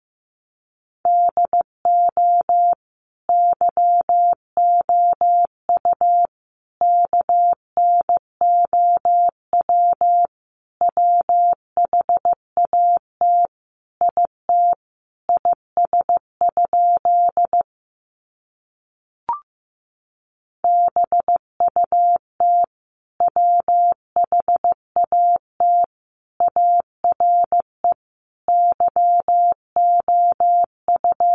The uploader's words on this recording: These sentences are composed of the Top 100 words. First, the words are sent in Morse code. 15wpm.